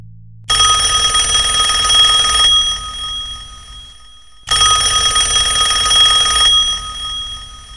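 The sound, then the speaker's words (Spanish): A telephone in a house where no one is home rings loudly in two long bursts, each about two seconds of bright, metallic jangling followed by a short fading tail and a pause before the next ring. “Nadie en mi casa y sigue sonando el teléfono.”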